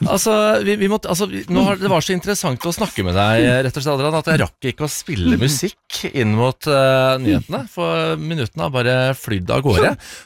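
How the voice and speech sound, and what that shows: An adult male radio host speaks fluent, clear Norwegian at an even pace, with a steady, ordinary voice.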